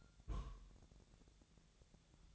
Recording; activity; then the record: daily activity, microphone in the room; place on stove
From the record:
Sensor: 3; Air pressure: 999.3 hPa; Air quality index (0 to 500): 199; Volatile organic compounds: 46 ppm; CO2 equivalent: 3237 ppm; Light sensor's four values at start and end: 7/17/7/6 and 7/17/7/6